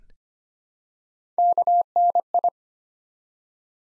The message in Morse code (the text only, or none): KNI